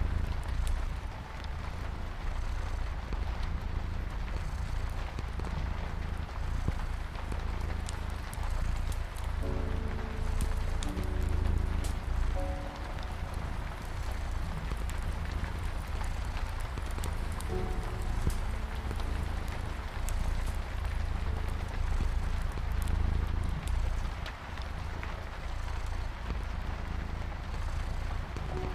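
Dense steady rain patters with a deep low rumble and scattered crackles, while soft tones drift in briefly around ten and eighteen seconds.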